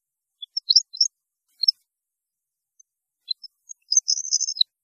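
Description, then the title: European goldfinch twittering: a few scattered high chirps, a pause, then a short burst of dense, buzzy tinkling notes. "Chant Chardonneret"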